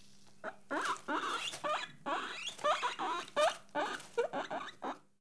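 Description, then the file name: Guinea pig squealing in a quick run of short harmonic squeaks, some bending upward, about two to three per second, with a faint steady hum underneath. Caged guinea pig recorded close up. "Digiffects Sound Effects Library - Close Guinea Pig in Cage"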